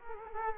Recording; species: mosquito wingbeat signal from an infrared sensor; Culex quinquefasciatus